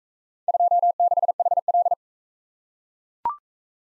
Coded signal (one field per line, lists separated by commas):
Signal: Morse code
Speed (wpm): 40 wpm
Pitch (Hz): 700 Hz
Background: none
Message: 26HL